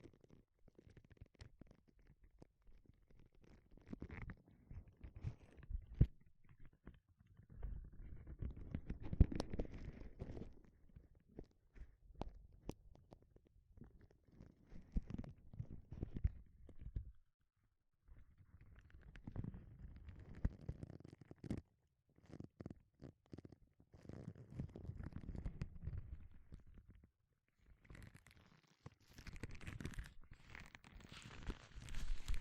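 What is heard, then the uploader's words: Gloves rub, flex and pat in irregular bursts of soft, low rustling and thuds, with brief sharp snaps and a brighter scratchy stretch near the end. 5 different GLOVES Sounds. (No Talking).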